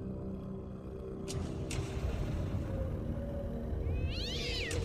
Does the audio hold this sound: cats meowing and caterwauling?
yes